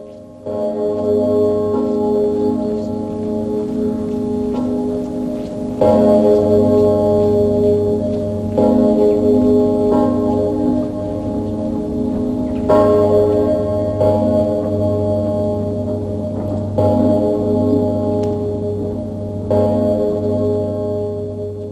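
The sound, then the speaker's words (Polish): The Sigismund (Zygmunt) bell at Wawel in Kraków, Poland, reportedly heard up to 30 kilometres away, tolls slowly. Each deep strike arrives about every six seconds and blooms into a loud, humming drone of low and high overtones that never fades between blows. No voices. “Niech się Państwu przypomni ten dźwięk, słyszany podobno od serca dzwonu na odległość 30 kilometrów.”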